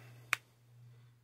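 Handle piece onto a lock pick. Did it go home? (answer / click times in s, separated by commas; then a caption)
yes / 0.3 s. A custom handle piece is pushed home onto a lock pick during glue-up, giving one sharp, bright snap at 0.3 s over a steady low hum. The handle part snaps into place and is seated.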